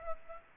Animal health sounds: mosquito wingbeat signal from an infrared sensor; Aedes aegypti

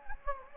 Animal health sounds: mosquito wingbeat signal from an infrared sensor; Anopheles gambiae

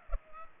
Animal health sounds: mosquito wingbeat signal from an infrared sensor; Culex pipiens

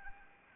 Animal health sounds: mosquito wingbeat signal from an infrared sensor; Anopheles arabiensis

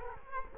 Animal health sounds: mosquito wingbeat signal from an infrared sensor; Culex quinquefasciatus

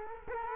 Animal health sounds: mosquito wingbeat signal from an infrared sensor; Culex quinquefasciatus

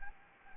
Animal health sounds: mosquito wingbeat signal from an infrared sensor; Anopheles gambiae

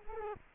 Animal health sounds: mosquito wingbeat signal from an infrared sensor; Culex quinquefasciatus

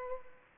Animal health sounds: mosquito wingbeat signal from an infrared sensor; Culex pipiens

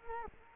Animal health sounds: mosquito wingbeat signal from an infrared sensor; Culex quinquefasciatus

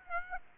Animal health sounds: mosquito wingbeat signal from an infrared sensor; Aedes aegypti

